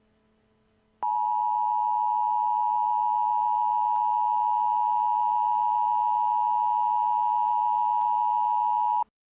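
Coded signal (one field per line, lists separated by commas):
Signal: Emergency Alert System (SAME) tones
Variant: 853 and 960 Hz attention tone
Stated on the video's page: Fictional mock EAS alert made for entertainment; the tones are not valid EAS tones.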